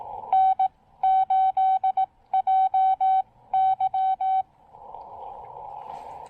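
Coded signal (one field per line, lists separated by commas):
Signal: Morse code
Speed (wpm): 18 wpm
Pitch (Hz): 760 Hz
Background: none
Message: N8JY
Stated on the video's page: Live CW POTA park activation in heavy rain, QRP.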